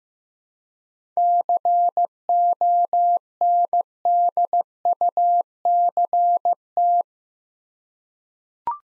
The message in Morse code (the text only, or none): CONDUCT